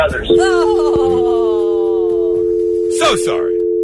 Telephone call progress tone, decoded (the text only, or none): dial tone